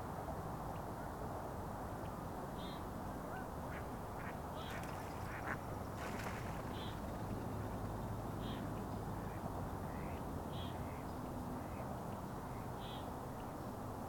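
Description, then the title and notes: Mallard giving brief, repeated quacks every second or two after the first few seconds, half buried in a steady roar of road traffic. Mallard on the rivière des Mille-Îles near Autoroute 15, Boisbriand, Montreal, recorded at rush hour with a Sound Devices recorder. "Montreal: Boisbriand (colvert). recorded by: Alain Dupuis. Colvert sur la rivière des Mille-îles à l'heure de pointe près de l'autoroute 15. Montreal Sound Map"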